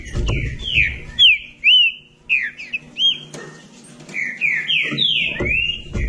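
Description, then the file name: Green-winged saltator song of sweet, slurred whistles in short phrases, with a pause midway before another run of phrases; low background noise. "canto do trinca ferro"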